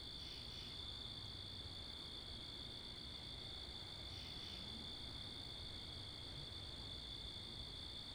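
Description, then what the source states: A steady shrill cricket chorus, with two stronger pulsed chirp bursts, one early and one midway, against low rumbling wind and traffic. Wakefield, Rhode Island, USA; 10 October 2021 at 11:35pm, night; mics facing northeast; two Rode NTG-3 shotgun mics on a Sound Devices MixPre 10ii; with cars and wind.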